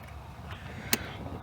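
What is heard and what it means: A fuel line quick-connect coupling is pushed back onto its fuel rail fitting on a 1999-2006 Chevy Silverado 4.8, 5.3 or 6.0 engine. After low background noise and a faint knock near 0.5 s, a single sharp click at 0.9 s marks the coupling seating. It is then tugged to confirm it stayed on.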